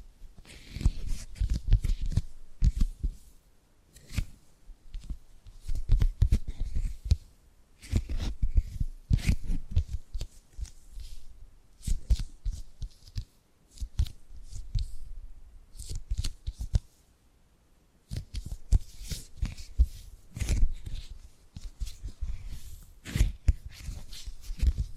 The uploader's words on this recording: ASMR Tapping and Gripping Sounds for Sleep No Talking.